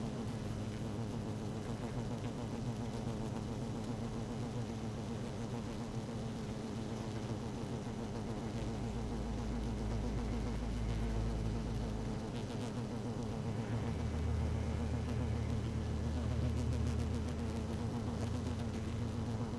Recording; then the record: honeybee colony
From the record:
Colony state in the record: active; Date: 12 June 2018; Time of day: 17:20